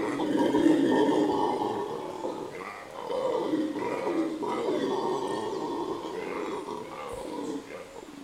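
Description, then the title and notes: Howler monkeys in a continuous, throaty roaring chorus with rhythmic surging pulses. Howler monkeys at Quebrada Valencia in the Sierra Nevada de Santa Marta foothills, 10 am, greeting visitors at unusually close range, which seemed strange to locals. "MONOS AULLADORES DE LA SIERRA NEVADA. son las 10 am en el sector de Quebrada Valencia y los monos aulladores nos dan la bienvenida de forma muy cercana"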